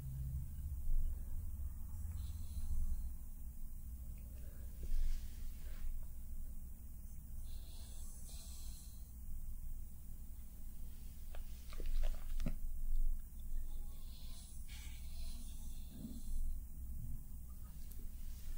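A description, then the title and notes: Soft brushing and slow hand movements, with gentle sweeping strokes rising around 5, 8, 12 and 14 seconds. Light scratchy textures and faint taps sit over a steady low rumble that persists throughout. ASMR Personal Attention for Anxiety Relief & Sleep face brushing, tracing & slow hand movements.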